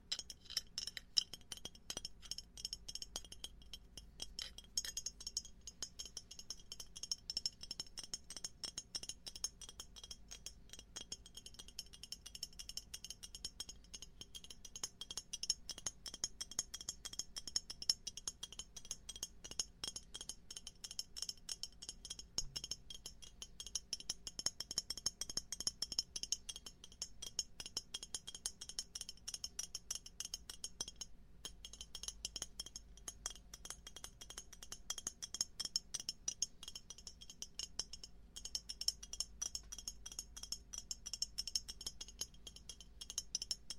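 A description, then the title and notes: Gentle tapping runs throughout, a dense stream of small, crisp clicks with a glassy, clinking edge, like fingertips on a hard surface. The pace stays quick and fairly even for the whole stretch, over a faint low hum. Indulge in Soothing ASMR Triggers with Gentle Tapping Sounds. Our host guides you through an immersive auditory experience, tapping on various surfaces and objects known to elicit ASMR responses.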